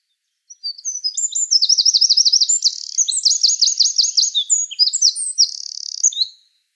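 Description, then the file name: Eurasian wren singing a loud, shrill phrase of about six seconds, with fast rattling trills between bright, high notes. "Troglodytes troglodytes"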